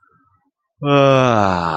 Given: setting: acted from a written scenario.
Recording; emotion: vocal sound without words; contentment